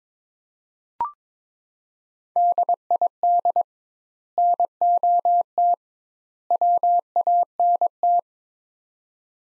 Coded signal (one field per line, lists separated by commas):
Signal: Morse code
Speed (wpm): 22 wpm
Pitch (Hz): 700 Hz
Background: none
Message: DID NOT WANT